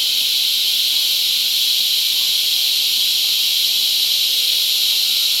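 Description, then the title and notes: Continuous cicada buzz, bright and hissing, holding an even level from start to finish with no breaks in the sound. Cicadas mating, La Convención, Peru. "Apareamiento De Cigarras La Convención Peru by Alejandro Cornejo Montibeller"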